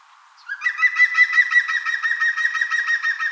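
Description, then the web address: European green woodpecker song: a loud laughing series of many ringing notes, running for nearly three seconds. "vogelstimmen nabu gesang-gruenspecht"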